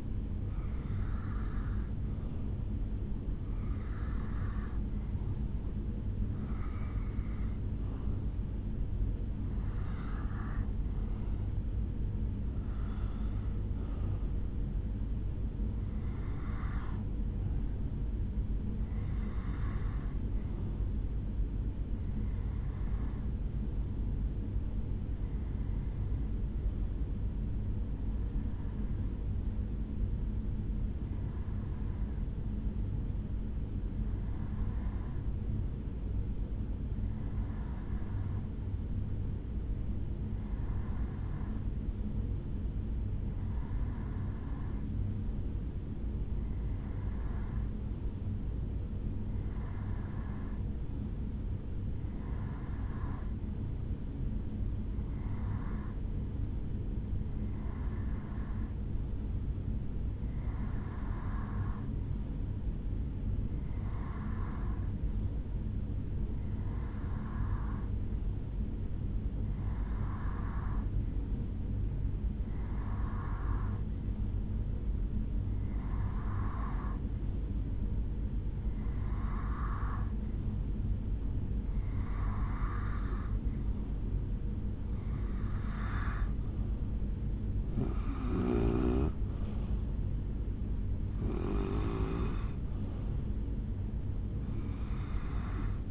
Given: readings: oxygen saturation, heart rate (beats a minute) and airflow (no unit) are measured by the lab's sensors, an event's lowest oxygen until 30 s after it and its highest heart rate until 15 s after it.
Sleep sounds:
breathing in sleep by a smartphone at the bedside; 1
24.00-82.40 s: hypopnea (N1, oxygen 94% highest, then 90% lowest, heart rate 69 at the start, 77 highest)
59.00-95.91 s: new sleep stage, REM sleep
From the record:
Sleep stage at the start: N1 (lightest sleep); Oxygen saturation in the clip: 90 to 94%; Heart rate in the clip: 59 to 77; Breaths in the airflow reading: 31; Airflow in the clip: -6.1 to 3.5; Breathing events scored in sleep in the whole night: 449 in 7.0 hours asleep

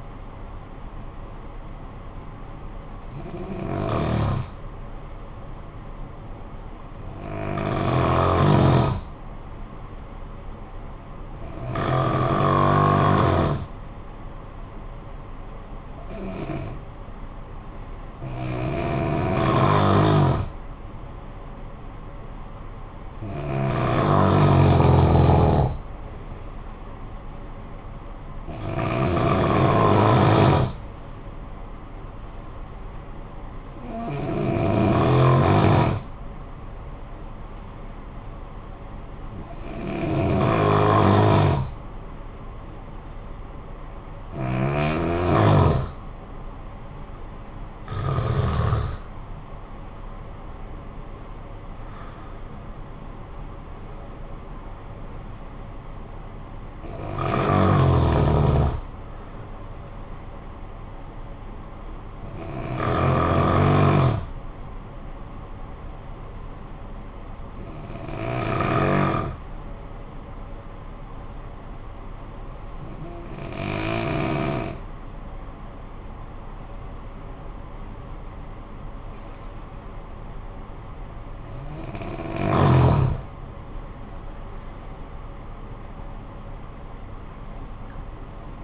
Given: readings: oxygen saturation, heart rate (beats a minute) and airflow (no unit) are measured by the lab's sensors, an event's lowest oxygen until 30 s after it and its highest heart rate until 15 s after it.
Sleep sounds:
breathing in sleep by a smartphone at the bedside; 3
4.00-21.60 s: hypopnea (N2, oxygen 97% highest, then 89% lowest, heart rate 51 at the start, 61 highest)
35.00-48.50 s: hypopnea (N2, oxygen 91% highest, then 91% lowest, heart rate 50 at the start, 64 highest)
68.00-84.20 s: hypopnea (N2, oxygen 96% highest, then 87% lowest, heart rate 55 at the start, 77 highest)
84.00-88.64 s: new sleep stage, N1 (lightest sleep)
From the record:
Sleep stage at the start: N2 (light sleep); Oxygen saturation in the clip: 89 to 97%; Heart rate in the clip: 49 to 69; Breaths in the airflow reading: 20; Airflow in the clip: -9.3 to 9.5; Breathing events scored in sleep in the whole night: 445 in 7.6 hours asleep

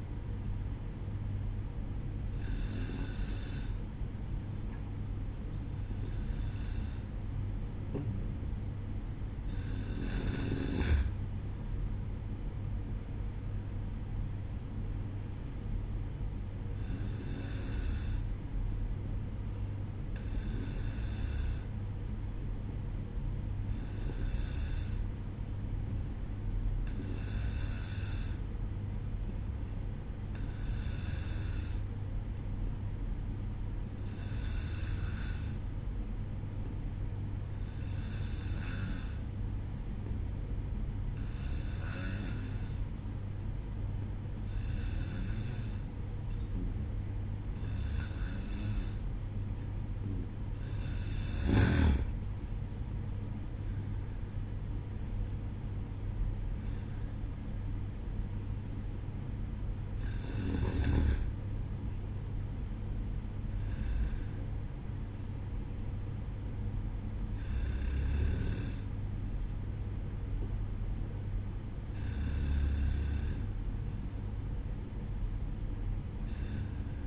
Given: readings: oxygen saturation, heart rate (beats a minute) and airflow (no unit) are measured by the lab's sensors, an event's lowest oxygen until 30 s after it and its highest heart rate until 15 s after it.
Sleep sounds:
breathing in sleep by a smartphone at the bedside; 1
20.00-51.40 s: hypopnea (N2, oxygen 94% highest, then 92% lowest, heart rate 62 at the start, 68 highest)
43.00-73.00 s: new sleep stage, N1 (lightest sleep)
73.00-77.07 s: new sleep stage, N2 (light sleep)
From the record:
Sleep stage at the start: N2 (light sleep); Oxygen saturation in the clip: 92 to 94%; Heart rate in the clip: 59 to 68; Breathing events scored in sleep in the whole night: 305 in 9.6 hours asleep

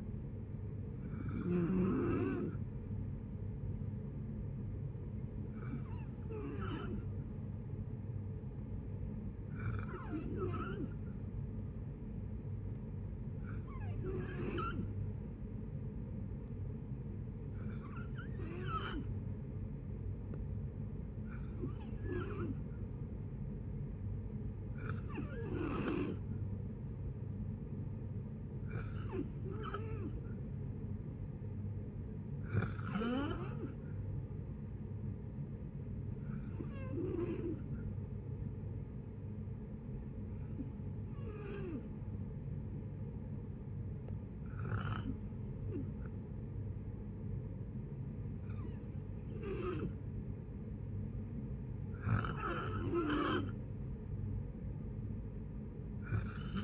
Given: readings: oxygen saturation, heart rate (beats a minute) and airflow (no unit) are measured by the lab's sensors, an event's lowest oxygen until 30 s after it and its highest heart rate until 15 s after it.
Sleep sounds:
breathing in sleep by a smartphone at the bedside; 1
3.00-26.30 s: hypopnea (N1, oxygen 96% highest, then 91% lowest, heart rate 57 at the start, 64 highest)
37.00-56.64 s: new sleep stage, N2 (light sleep)
From the record:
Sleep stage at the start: N1 (lightest sleep); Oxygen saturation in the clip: 89 to 96%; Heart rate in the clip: 57 to 65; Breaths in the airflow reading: 14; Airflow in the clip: -6.3 to 4.7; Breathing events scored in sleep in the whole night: 496 in 5.4 hours asleep

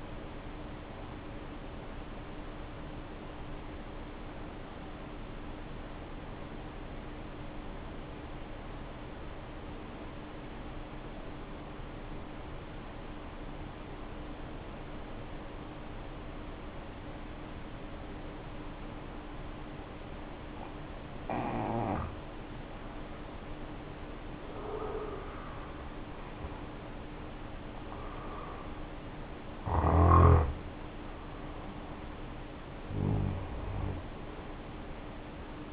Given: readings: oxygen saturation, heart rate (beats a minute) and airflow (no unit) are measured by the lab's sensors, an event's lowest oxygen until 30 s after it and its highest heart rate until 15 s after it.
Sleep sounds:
breathing in sleep by a voice recorder at the bedside; 1
6.00-22.30 s: obstructive apnea (N1, oxygen 94% highest, then 75% lowest, heart rate 58 at the start, 73 highest)
From the record:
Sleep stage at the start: N1 (lightest sleep); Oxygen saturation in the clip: 77 to 94%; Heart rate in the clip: 51 to 73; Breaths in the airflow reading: 4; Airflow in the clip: -9.1 to 9.2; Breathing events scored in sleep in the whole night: 520 in 7.2 hours asleep

